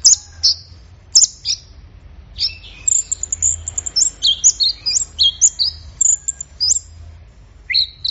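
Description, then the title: Orange-headed thrush song: rapid run of high whistled and trilled phrases with sharp chirps, given in quick bursts with short pauses, over a faint low hum. Bird in full song (gacor); recording used for training songbirds. "Anis Merah Gacor Teler"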